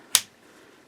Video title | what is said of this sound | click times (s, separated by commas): Olight PL-1 II Valkyrie Weapon Light Review | snaps into place perfectly on the Gen 419. | 0.2 s